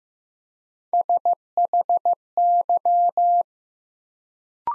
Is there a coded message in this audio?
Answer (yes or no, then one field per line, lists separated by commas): yes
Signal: Morse code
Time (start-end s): 0.9-3.4 s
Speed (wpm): 15 wpm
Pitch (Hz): 700 Hz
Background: none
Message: SHY